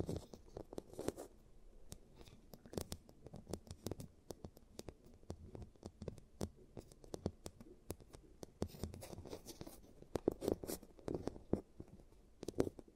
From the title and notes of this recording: ASMR Giant Teeth Treatment, Fixing Your Cavities (No Talking).